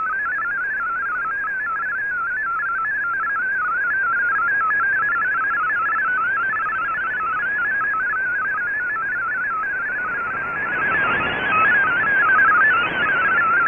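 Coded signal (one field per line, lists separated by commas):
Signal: multi-tone FSK (Olivia or MFSK type)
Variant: MFSK32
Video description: Here is my decode of the Shortwave Radiogram broadcast today on 15770Khz shortwave radio at 1300UTC in MFSK32 and 64 and with 10 SSTV images.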